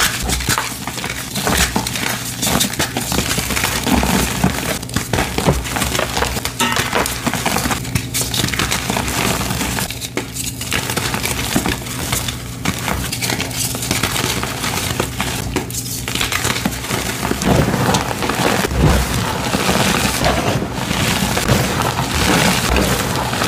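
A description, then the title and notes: Gym chalk crumbles and crunches in a dense, steady stream of crackly, gritty scraping, over a low hum. Rainbow gym chalk compilation.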